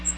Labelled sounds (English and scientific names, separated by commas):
Magnolia Warbler (Setophaga magnolia) flight call